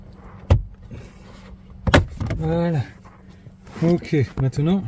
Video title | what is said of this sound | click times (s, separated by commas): COMMENT ACTIVER LE FREINAGE D'URGENCE SUR LA TESLA MODEL 3 HIGHLAND 2024 ? | cuichette dessous je va faire la même chose de l'autre côté tu vas entendre les claac claac je pense | 0.5 s, 1.9 s